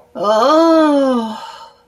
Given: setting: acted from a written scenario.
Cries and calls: vocal sound without words; ecstasy

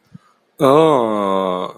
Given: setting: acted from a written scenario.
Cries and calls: vocal sound without words; disappointment

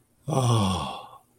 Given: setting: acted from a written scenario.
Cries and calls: vocal sound without words; ecstasy

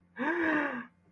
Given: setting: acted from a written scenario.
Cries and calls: vocal sound without words; fear

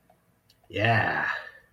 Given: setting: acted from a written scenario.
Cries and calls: vocal sound without words; pride

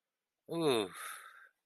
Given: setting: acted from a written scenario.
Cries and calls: vocal sound without words; sympathy

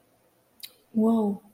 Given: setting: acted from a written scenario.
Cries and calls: vocal sound without words; interest

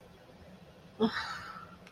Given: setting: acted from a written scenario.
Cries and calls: vocal sound without words; guilt

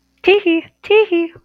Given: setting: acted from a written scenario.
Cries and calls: vocal sound without words; amusement

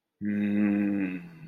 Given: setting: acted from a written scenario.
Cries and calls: vocal sound without words; desire

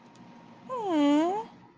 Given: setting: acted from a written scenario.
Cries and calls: vocal sound without words; adoration

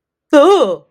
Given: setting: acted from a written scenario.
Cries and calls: vocal sound without words; negative surprise

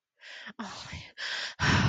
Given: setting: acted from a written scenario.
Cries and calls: vocal sound without words; distress

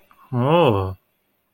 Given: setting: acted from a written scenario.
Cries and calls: vocal sound without words; desire

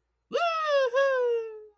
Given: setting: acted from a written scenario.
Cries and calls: vocal sound without words; triumph

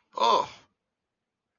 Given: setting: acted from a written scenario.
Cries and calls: vocal sound without words; negative surprise

